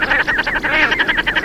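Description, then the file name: Common shelduck call, a rapid run of about a dozen nasal, cackling notes in quick succession. "tadorna tadorna"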